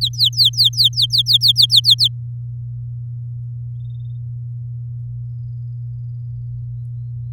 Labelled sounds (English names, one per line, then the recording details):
Domestic Canary song
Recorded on 6 May 2018 at 06:27
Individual llb16